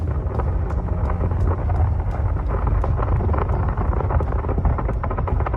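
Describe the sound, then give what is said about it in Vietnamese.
A deep, thunderous rumble inside a mountain, as water from an underground lake is about to surge up, rolls on without pause, loud and heavy in the low end, with scattered sharp crackles and pops breaking through the roar. “Tiếng sấm nổ trong lòng núi rội vàng khắp nơi.”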